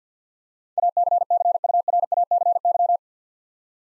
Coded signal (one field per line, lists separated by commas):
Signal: Morse code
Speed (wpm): 50 wpm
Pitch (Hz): 700 Hz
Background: none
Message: ACCURACY